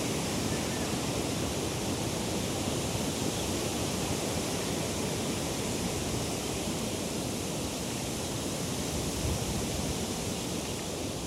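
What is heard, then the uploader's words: Wind rushes through tree leaves in a dense, steady hiss that fills the whole range from low rumble to bright rustle. The level holds nearly constant for the full length, with only faint flickers of gusting and no distinct events. Wind in Nature. The wind rustles through the leaves of the trees and playful gusts push at your back.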